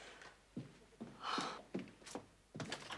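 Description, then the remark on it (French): A door is opened for the butcher delivering meat: a few dull thunks and knocks, then a brief rattling scrape of the latch or hinge, followed by more soft bumps. No voices. “Oh, ce doit être le boucher, va ouvrir.”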